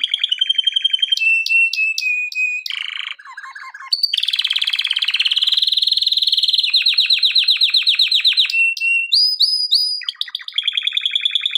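Canary delivering fast trills, upswept whistles and a long buzzing roll that changes pace, with bright rising notes near the close.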